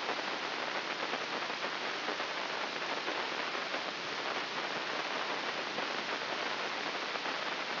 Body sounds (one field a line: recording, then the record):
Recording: brain microelectrode recording played as sound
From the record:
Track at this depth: inside the subthalamic nucleus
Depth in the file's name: 1.6 mm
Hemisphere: left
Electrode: 3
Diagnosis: Parkinson's disease